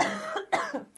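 Two short, harsh, partly voiced cough bursts within a second, from an adult woman who has been sick for the last few days, with a cough that mostly comes on when she laughs.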